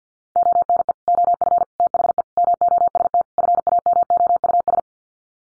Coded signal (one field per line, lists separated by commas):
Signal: Morse code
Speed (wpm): 50 wpm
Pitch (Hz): 700 Hz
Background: none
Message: ONE OF THE MOST FAMOUS